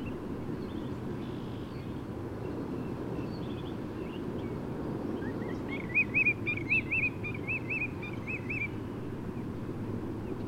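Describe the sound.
Bird song: a run of repeated looping whistled notes in quick succession, preceded by faint scattered chirps, with low steady rumbling background noise.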